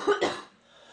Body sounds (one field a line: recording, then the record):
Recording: coughing mixed with background sound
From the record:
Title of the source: female coughing - coughing sound effects girl